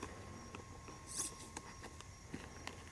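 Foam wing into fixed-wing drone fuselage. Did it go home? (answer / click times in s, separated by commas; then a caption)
yes / 2.7 s. After crashing into a tree, the detached foam wing of a Parrot Disco fixed-wing drone, which falls apart by design, is pushed back onto its fuselage. Several faint, brief ticks and a soft rustle come before a sharp snap at 2.7 s as the wing seats back into place.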